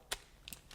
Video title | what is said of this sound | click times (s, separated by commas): NEW Klein Tools EDC 7-in-1 Ratcheting Impact Stubby Screwdriver Nut Driver - KNECT 32561HDRT | clips right in and I can drive those | 0.1 s